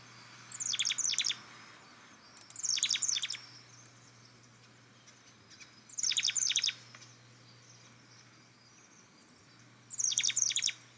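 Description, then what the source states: Chestnut-backed chickadee calls, four short bursts of high, buzzy, scratchy notes spaced a few seconds apart, with quiet background hiss between them. Local, sturdy resident winter bird, resembling the black-capped chickadee in size and behaviour, with vivid deep rust back feathers.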